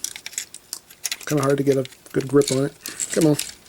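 A plastic part is handled against an action figure body while someone struggles to get a grip on it, producing a series of short, sharp plastic taps and rattles in the first second. Then someone talks. The part has not seated or clicked into place yet.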